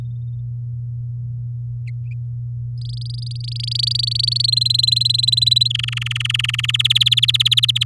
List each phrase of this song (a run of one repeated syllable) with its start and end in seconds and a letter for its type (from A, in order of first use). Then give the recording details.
2.77-4.46 A, 4.48-5.68 B, 5.70-6.71 C, 6.74-7.84 D. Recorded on 10 May 2018 at 07:09. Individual llb16